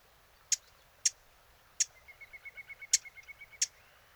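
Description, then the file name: Eurasian blackcap giving sharp, dry tack calls, five hard clicks spaced irregularly about half a second to a second apart, with a soft rapid trill running underneath midway. "Sylvia atricapilla"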